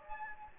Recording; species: mosquito wingbeat signal from an infrared sensor; Anopheles gambiae